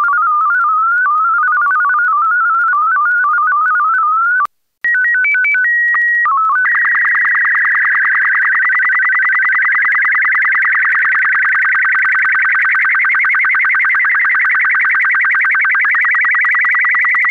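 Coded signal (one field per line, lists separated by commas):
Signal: SSTV (slow-scan television)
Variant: B/W 12 mode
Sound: stepping beeps, brief silence, a header tone, then a warbling scan with regular ticks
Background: preceding stepping digital tones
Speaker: Volg nu dus Slow Scan TV in BW 12.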